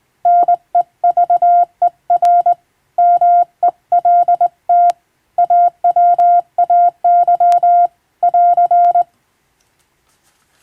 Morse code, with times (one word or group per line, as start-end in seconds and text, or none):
0.3-2.5 NEVER
3.0-4.9 MELT
5.4-7.9 AWAY
8.2-9.0 <AR>